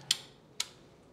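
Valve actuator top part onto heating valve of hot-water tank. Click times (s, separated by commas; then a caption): 0.1 s, 0.6 s. The top part of a valve actuator is refitted onto the heating valve of a hot-water tank and held pressed in after the valve pin was checked to move freely. Two short, sharp clicks are heard at 0.1 s and 0.6 s, with quiet background between them. The actuator head clicks into place and is seated, ready to be mounted again.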